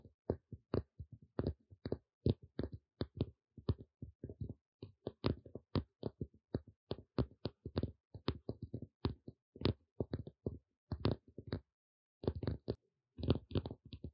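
Tapping comes in quick, irregular clusters across the whole stretch, each hit short and dry with a soft low thud and a brighter click on top. Brief pauses break the rhythm, with a clear gap around twelve seconds.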